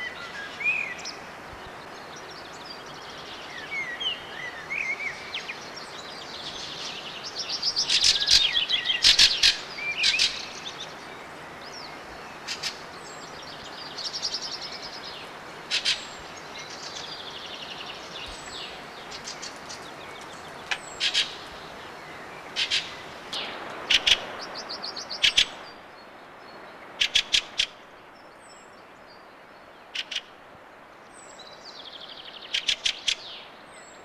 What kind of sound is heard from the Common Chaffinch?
song